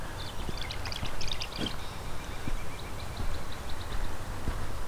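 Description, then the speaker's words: Tree Swallow gurgling chatter: a burst of quick liquid twittering notes, then a run of short evenly spaced chirps, over steady low rumbling background noise. Very gurgly sound, heard live on a warm, sunny spring morning meadow walk; recording modified to accommodate listeners with high-frequency hearing loss. "These tree swallows"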